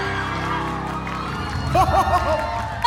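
A crowd fills the air with steady applause and noisy cheering, then excited shouts and whoops rise above the clapping toward the end.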